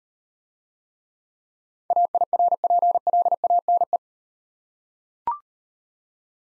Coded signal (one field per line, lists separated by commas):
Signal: Morse code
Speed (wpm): 39 wpm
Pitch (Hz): 700 Hz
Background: none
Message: AIRPLANE